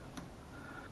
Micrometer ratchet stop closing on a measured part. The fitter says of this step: we just clicked right there